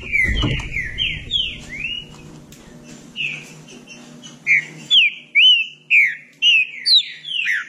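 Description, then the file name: Green-winged saltator song: slurred whistles at first, then a strong, quick series of clear rising and falling whistled notes, about two per second. "canto do trinca ferro"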